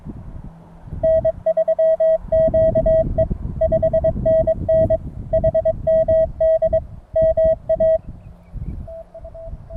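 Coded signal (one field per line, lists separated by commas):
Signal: Morse code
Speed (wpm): 22 wpm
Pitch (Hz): 640 Hz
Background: none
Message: N3QE 5NN HMD MA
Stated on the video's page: CW contest contacts in the New England QSO Party using an MTR3B QRP radio from a ridge.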